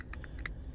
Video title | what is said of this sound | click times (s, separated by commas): 2023 Chevrolet Trailblazer How to replace key fob battery / remote | we just snap this guy back together like that, okay? | 0.5 s